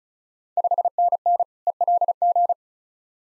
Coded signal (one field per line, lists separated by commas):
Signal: Morse code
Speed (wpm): 36 wpm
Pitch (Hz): 700 Hz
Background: none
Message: 5NN ELG